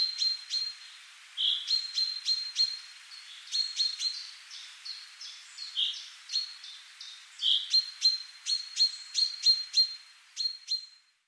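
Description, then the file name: Common chaffinch giving short, sharp high calls in quick series, with brief pauses and a few rounded notes between. "Fringilla coelebs"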